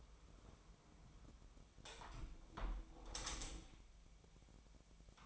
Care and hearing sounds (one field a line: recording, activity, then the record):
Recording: daily activity, microphone in the room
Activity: close window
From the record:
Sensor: 1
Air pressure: 1006.6 hPa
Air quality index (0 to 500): 210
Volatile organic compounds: 25 ppm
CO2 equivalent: 2826 ppm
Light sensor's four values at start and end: 13/33/13/14 and 12/31/12/13